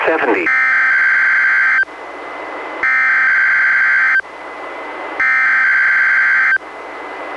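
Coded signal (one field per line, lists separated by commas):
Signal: Emergency Alert System (SAME) tones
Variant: header bursts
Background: speech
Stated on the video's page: NWR Required Weekly Test from NWS Portland relayed by station KEC91, received on a Reecom R-1630 weather radio.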